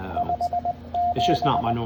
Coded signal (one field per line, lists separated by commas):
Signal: Morse code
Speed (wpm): 19 wpm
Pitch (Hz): 700 Hz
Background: speech, radio noise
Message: 57